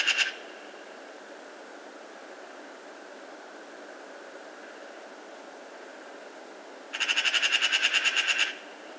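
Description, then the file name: Eurasian magpie giving a harsh, rattling chatter of rapid pulses near the end, after a brief burst at the start and a long quiet gap. "Pica pica"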